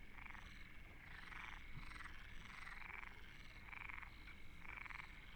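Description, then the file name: Frogs calling together, grating pulsed croaks in regular bursts about every second, backed by a low steady hum. Frogs recorded at Deltebre in the Ebro Delta. "Postpaisatge Granotes Deltebre"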